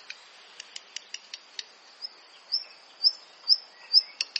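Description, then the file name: Black redstart calls: a series of sharp, dry ticks, then several thin, high upslurred whistles repeated about every half second, over a faint background hiss. "Phoenicurus ochruros - Black Redstart"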